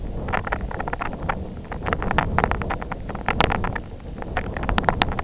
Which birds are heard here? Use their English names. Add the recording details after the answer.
none. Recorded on Arctic tundra, site IGLO-F, on 24 June 2018. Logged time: 20:00